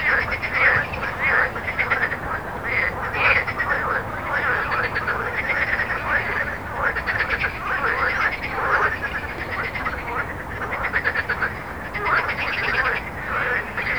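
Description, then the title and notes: Frogs croaking in a continuous dense chorus of pulsed trills, with steady low road noise throughout. Frogs recorded with road noise at Jardins de la Ligne, Montaudran, Toulouse, France, using a Zoom H4n recorder. "Jardins de la Ligne, 1 Rue Jacqueline Auriol, 31400 Toulouse, France - Frog Montaudran. Frog and road captation zoom h4n"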